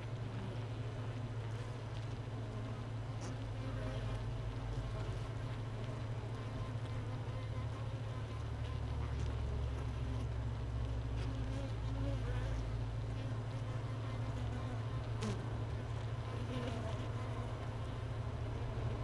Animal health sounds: honeybee colony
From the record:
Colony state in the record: missing queen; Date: 31 May 2018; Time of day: 13:34

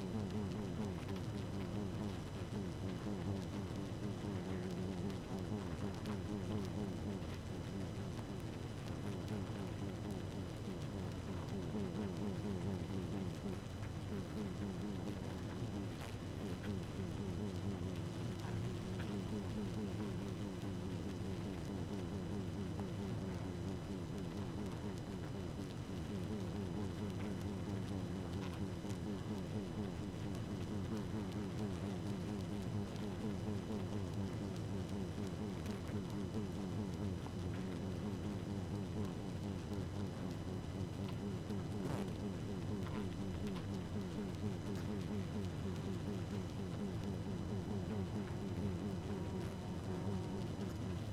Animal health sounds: honeybee colony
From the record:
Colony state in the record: active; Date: 12 June 2018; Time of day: 0:51

